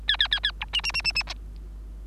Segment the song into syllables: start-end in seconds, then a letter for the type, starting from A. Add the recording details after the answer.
0.08-0.17 A, 0.19-0.28 A, 0.31-0.40 A, 0.43-0.51 A, 0.60-0.65 B, 0.73-0.81 C, 0.83-0.92 C, 0.93-1.02 C, 1.04-1.12 C, 1.15-1.23 C, 1.27-1.34 D. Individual Bird3